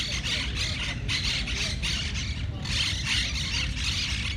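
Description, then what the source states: Monk parakeets giving harsh squawks in repeated bursts, over a steady low rumble of traffic. Monk parakeets in Parc de la Ciutadella, Barcelona, on 20 September 2019.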